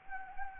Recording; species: mosquito wingbeat signal from an infrared sensor; Anopheles gambiae